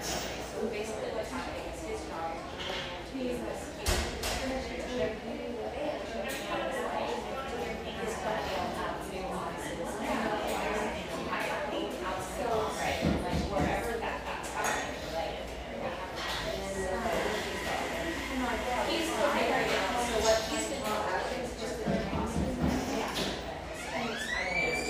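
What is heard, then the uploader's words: A humming café full of overlapping chatter, a steady dense murmur of many voices with a woman's voice sometimes standing out. Sharp clinks and clatters of dishes break through every few seconds, especially around four, thirteen and twenty-three seconds. Humming café, settled near the beach just north of San Diego.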